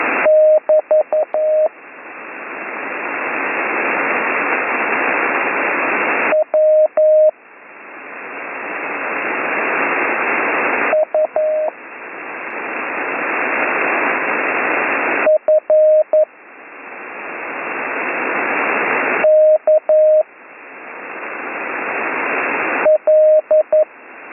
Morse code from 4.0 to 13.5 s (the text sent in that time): W U